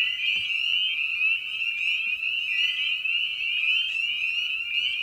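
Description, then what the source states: Spring peepers in full chorus, a dense, continuous wall of high, rising peeps from many frogs overlapping without pause. Evening at a frog pond; presented in a modified format intended as a sleep aid.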